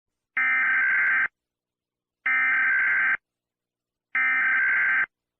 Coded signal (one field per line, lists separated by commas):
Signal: Emergency Alert System (SAME) tones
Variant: header bursts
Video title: 15/12/1999 Kaiju EAS broadcast (San Francisco and Oregon)